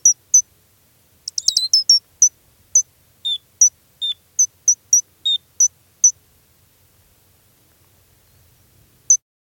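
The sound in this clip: Gray's lark giving thin, high-pitched chips, a quick tumbling burst early on, then spaced single and paired notes before a long pause and one final note.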